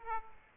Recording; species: mosquito wingbeat signal from an infrared sensor; Aedes aegypti